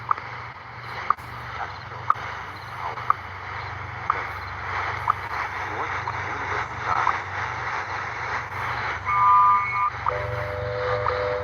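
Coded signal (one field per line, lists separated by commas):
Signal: radio time signal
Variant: WWVH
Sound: short clicks once a second over hiss, then a brief high tone, then a steady low hum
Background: radio static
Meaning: Each tick marks one second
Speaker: okay so wwvh is literally overpowering WWV on 15 MHz and you can tell because wwvh has a higher pitched tick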